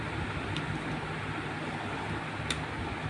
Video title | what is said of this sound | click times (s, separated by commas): How to Install SSD in Laptop - Hard Disk Install in Caddy - Consistent SSD 512 GB - Lapster Caddy | यह हो गया lock ठीक है अब आपका यह मूव नहीं हो रहा यह पूरा लॉक हो गया कंप्लीट | 2.5 s